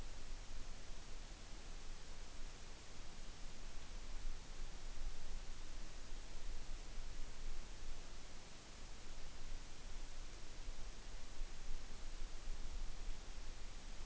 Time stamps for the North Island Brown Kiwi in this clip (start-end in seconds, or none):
none